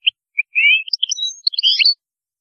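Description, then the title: European goldfinch song: a brief energetic phrase of slurred twitters and drawn-out notes mixed with sharp tinkling chirps. "Chant Chardonneret"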